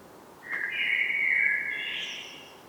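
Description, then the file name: Common blackbird giving one smooth, mellow whistled phrase that swells and fades, with a faint high trailing note. "Turdus merula"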